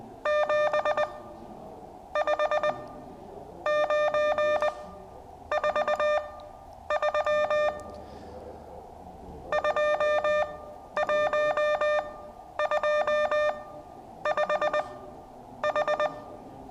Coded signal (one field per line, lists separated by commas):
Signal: Morse code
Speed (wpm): 20 wpm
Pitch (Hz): 600 Hz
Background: none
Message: 75943 2125H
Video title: ZS6TJ CW Morse Code practice Class session three.